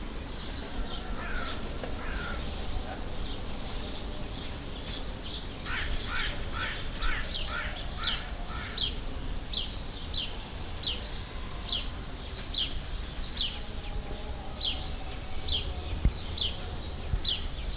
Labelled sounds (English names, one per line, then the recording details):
Black-mantled Tamarin
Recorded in captivity
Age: adult
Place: Zoo Berlin, Berlin, DE
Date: 1998-06-20 13:30
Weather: wolkig - heiter, 22°C
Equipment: Sony MD-WM MZ-R3, Sennheiser ME 80, Kopie Uher 4000 Report Monitor
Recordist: Tembrock, Günter